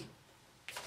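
A second SATA data cable's plastic connector is handled and lined up with its SATA port. Low, quiet handling noise is followed by a brief, bright, sharp sound at about 0.7 s. The clip ends before the connector goes home, and nothing has seated or clicked yet.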